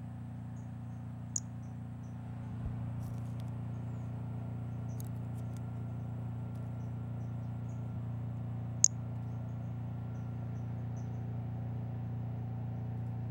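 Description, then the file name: White-lined pumpkin toadlet, a pair of brief shrill chirps several seconds apart amid a persistent low hum and a few faint clicks. "Brachycephalus albolineatus"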